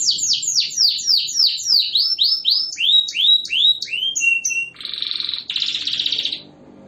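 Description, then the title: Canary singing a rapid series of downward-curving whistled notes, then two dense buzzy rolls before falling silent. Canary in full, persistent song featuring long rolls (roll panjang); described locally as gacor and ngotot. "Kenari Manasaja"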